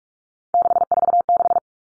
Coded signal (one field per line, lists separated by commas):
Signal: Morse code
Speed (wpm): 44 wpm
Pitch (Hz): 700 Hz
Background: none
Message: 646